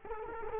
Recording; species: mosquito wingbeat signal from an infrared sensor; Culex quinquefasciatus